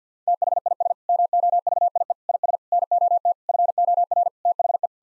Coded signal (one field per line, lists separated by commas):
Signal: Morse code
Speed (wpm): 50 wpm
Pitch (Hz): 700 Hz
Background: none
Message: THIS MOVIE IS NOT FOR THE